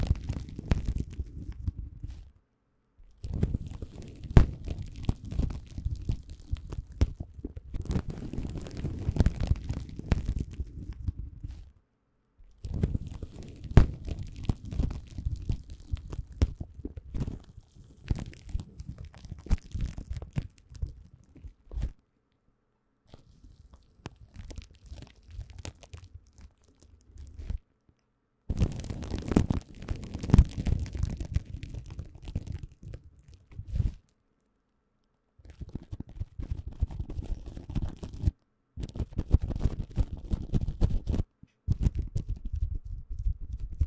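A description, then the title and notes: Bubble wrap is handled in bursts of dense crinkling and crackling lasting several seconds each, separated by short silent gaps. The sound is mostly low and full, with sharper bright crackles on top. A quieter, softer stretch comes around the middle. 包材觸發. Bubble bag triggers.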